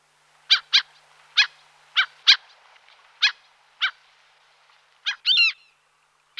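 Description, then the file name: Common gull giving short sharp yelping notes at uneven intervals, with a longer mewing call near the end. "Racek bourni Larus canus"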